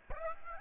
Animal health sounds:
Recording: mosquito wingbeat signal from an infrared sensor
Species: Aedes aegypti

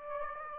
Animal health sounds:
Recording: mosquito wingbeat signal from an infrared sensor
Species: Aedes aegypti

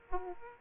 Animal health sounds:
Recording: mosquito wingbeat signal from an infrared sensor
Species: Aedes aegypti

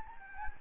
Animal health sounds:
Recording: mosquito wingbeat signal from an infrared sensor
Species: Anopheles gambiae

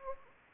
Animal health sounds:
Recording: mosquito wingbeat signal from an infrared sensor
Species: Anopheles gambiae

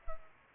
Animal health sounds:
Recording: mosquito wingbeat signal from an infrared sensor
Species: Culex pipiens

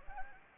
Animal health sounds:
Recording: mosquito wingbeat signal from an infrared sensor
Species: Anopheles gambiae

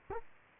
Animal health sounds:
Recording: mosquito wingbeat signal from an infrared sensor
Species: Culex quinquefasciatus

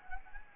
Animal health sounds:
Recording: mosquito wingbeat signal from an infrared sensor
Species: Anopheles gambiae

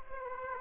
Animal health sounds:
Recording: mosquito wingbeat signal from an infrared sensor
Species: Aedes aegypti

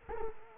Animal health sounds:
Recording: mosquito wingbeat signal from an infrared sensor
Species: Culex quinquefasciatus

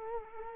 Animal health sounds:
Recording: mosquito wingbeat signal from an infrared sensor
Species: Culex quinquefasciatus

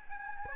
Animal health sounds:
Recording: mosquito wingbeat signal from an infrared sensor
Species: Aedes albopictus

